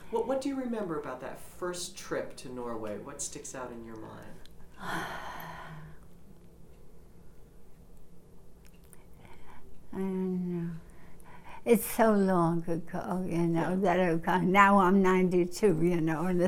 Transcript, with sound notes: What, what do remember about that first trip to Norway? What sticks out in your mind?
(she sighs) I don't know. It's so long ago, you know, that it's, now I'm ninety two, you know.